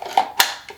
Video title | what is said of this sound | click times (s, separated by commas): How to choose a Holster | that als system when you press it in here you'll you'll hear it click | 0.4 s